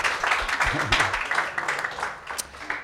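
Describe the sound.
A steady patter of audience applause, many hands clapping in a dense crackle that holds at a fairly even level for a few seconds, with some low voices mixed underneath.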